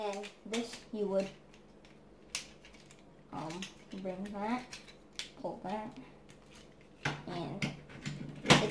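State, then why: Seated. Someone talks while handling a plastic Transformers Computron combiner robot toy, bringing one part into position and pulling it amid light plastic clicks and handling noises. At 8.5 s a loud, sharp snap is heard as the part seats firmly into the toy's body.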